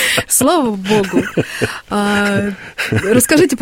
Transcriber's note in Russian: Смеются